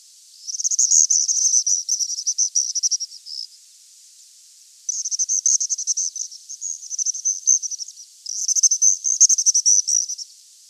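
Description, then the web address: Andean swift twittering in three separate bursts, each a shrill, rapid string of scratchy notes lasting two to three seconds, with short pauses between them. "chant xeno-canto martinet des andes"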